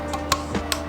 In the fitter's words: Hear that click, click. See, just like that.